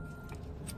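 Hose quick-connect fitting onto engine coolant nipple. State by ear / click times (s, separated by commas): not seated / none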